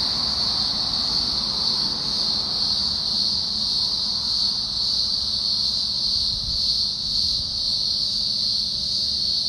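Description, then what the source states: Cicada song, a steady, unbroken high buzzing drone that holds the same pitch throughout, with a faint low rumble underneath. Cicada season.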